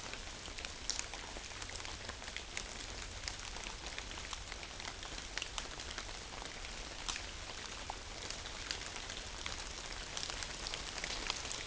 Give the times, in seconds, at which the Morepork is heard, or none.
none